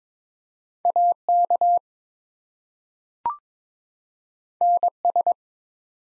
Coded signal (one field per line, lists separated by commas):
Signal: Morse code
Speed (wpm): 22 wpm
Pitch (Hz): 700 Hz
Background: none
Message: AK NS